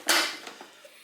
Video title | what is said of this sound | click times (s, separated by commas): Vacuum sealer Machine 1080 | and now we're going to close this hear the click | 0.5 s